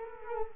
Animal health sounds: mosquito wingbeat signal from an infrared sensor; Culex quinquefasciatus

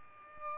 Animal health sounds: mosquito wingbeat signal from an infrared sensor; Aedes albopictus

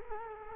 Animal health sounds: mosquito wingbeat signal from an infrared sensor; Culex quinquefasciatus

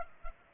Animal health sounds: mosquito wingbeat signal from an infrared sensor; Culex pipiens

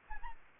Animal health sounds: mosquito wingbeat signal from an infrared sensor; Aedes albopictus

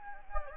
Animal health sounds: mosquito wingbeat signal from an infrared sensor; Anopheles gambiae

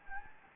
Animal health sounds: mosquito wingbeat signal from an infrared sensor; Anopheles gambiae

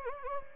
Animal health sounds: mosquito wingbeat signal from an infrared sensor; Anopheles gambiae

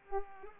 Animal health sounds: mosquito wingbeat signal from an infrared sensor; Culex pipiens

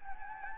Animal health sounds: mosquito wingbeat signal from an infrared sensor; Anopheles gambiae

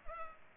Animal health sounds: mosquito wingbeat signal from an infrared sensor; Culex pipiens

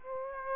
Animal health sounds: mosquito wingbeat signal from an infrared sensor; Aedes aegypti

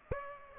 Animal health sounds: mosquito wingbeat signal from an infrared sensor; Aedes aegypti

